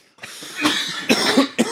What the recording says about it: I got a full hit of hash on that. My like third hit off that blunt. The smoke's got a certain texture to it, too. It does. You know, thickens it up a little bit. You can hear we're all coughing good from it.